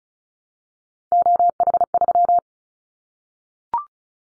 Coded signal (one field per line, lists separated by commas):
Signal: Morse code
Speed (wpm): 34 wpm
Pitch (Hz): 700 Hz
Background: none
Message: OH3